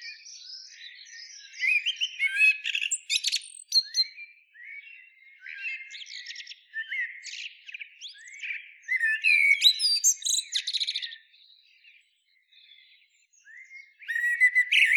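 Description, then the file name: Common blackbird producing a long, varied stream of high, thin twitters and scratchy notes, which goes quiet briefly near the end before resuming. "Turdus merula"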